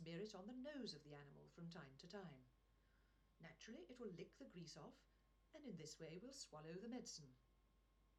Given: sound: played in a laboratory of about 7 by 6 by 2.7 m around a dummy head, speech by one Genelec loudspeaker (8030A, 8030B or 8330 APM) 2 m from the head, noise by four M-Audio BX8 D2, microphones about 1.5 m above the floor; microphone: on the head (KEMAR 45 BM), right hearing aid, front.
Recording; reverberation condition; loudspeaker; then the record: female speech in English; low; 120 degrees to the right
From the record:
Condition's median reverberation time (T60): about 310 ms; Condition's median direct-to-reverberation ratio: about 3.5 dB